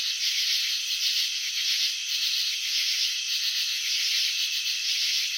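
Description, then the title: Cricket sound as a continuous high rasping rattle, pulses tightly packed and nearly even in loudness. Cricket chirping, presented in a slow-motion video. "Crickets in Slow Motion 📷. Capturing the Elegance of Chirping"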